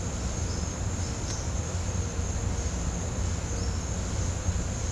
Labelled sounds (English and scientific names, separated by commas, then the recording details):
none
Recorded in pastures near Puerto Asís, Putumayo, Colombia, on 18 December 2024 at 09:00
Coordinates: 0.502, -76.324
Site G077